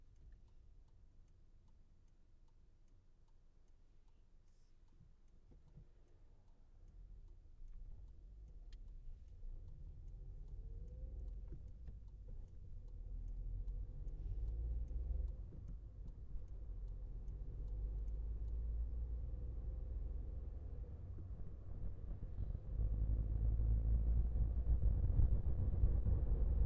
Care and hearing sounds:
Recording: everyday scene through a hearing-aid microphone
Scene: in a vehicle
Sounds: engine, rumble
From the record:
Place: Skoda Fabia, gasoline engine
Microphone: behind the ear, left, rear

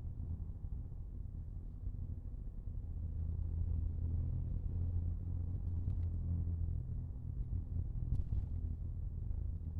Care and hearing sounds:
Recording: everyday scene through a hearing-aid microphone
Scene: in a vehicle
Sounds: engine, rumble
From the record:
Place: Skoda Fabia, gasoline engine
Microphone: in the ear canal, left

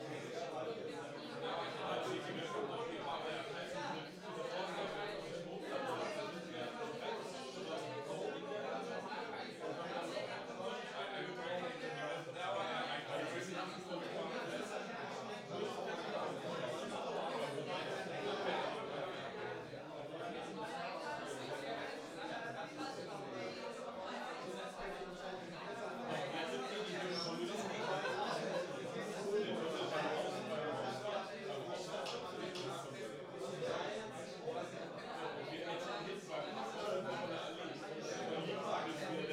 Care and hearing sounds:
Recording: everyday scene through a hearing-aid microphone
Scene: many people talking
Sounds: many voices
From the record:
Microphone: in the ear canal, right

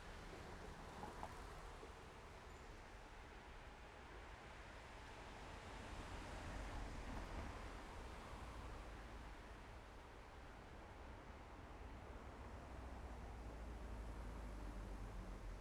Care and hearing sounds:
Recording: everyday scene through a hearing-aid microphone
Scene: in traffic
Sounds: traffic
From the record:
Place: main road on the outskirts, rush hour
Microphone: behind the ear, left, rear

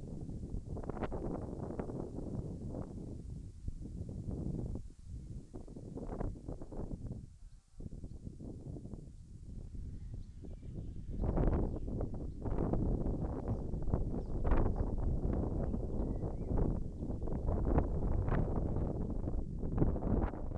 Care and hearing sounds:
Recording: everyday scene through a hearing-aid microphone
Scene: wind on the microphone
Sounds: wind, birds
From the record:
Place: in front of a rural house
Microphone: behind the ear, left, front

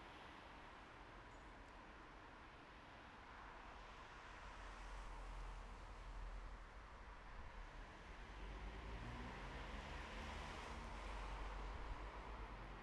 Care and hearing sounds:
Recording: everyday scene through a hearing-aid microphone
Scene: in traffic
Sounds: traffic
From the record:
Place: bus stop on a city main road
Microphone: behind the ear, right, front

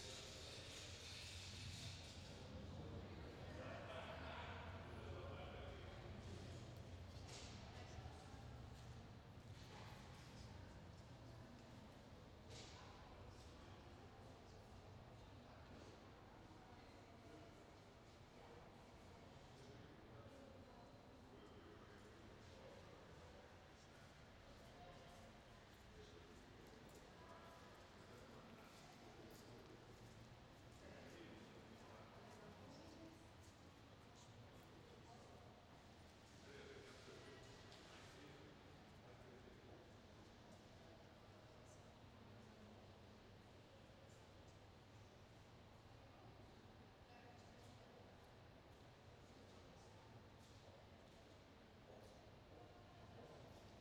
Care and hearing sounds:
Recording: everyday scene through a hearing-aid microphone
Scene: reverberant space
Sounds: background noise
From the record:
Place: railway station hall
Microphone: in the ear canal, left

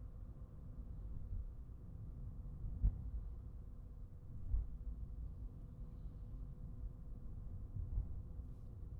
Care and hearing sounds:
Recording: everyday scene through a hearing-aid microphone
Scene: in a vehicle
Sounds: engine, highway traffic jam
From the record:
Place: Skoda Fabia, gasoline engine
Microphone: behind the ear, right, rear

